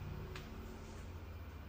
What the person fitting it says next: చూసారా పర్ఫెక్ట్ గా లాక్ అయిపోయింది